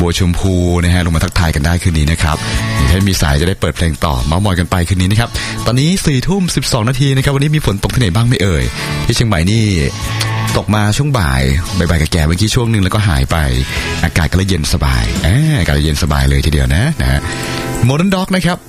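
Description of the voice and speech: A low-pitched man speaks fluent, relaxed Thai in a radio-host style, greeting listeners and talking about the afternoon rain and cool weather in Chiang Mai.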